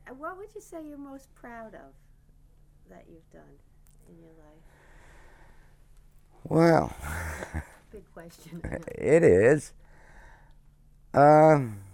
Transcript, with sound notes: what would you say you are most proud of that you've done in your life?
Well..... ( he laughs )
Big question.
It is. To